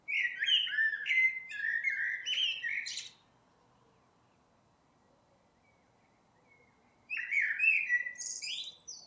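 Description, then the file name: Common blackbird delivering two extended phrases of melodious low warbling laced with high, scratchy twitters, separated by a four-second pause. "Turdus merula"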